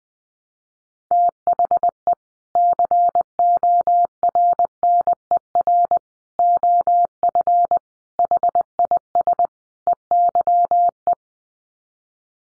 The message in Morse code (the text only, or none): THE CORNER OF HIS EYE